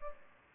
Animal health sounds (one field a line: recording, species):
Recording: mosquito wingbeat signal from an infrared sensor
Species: Aedes albopictus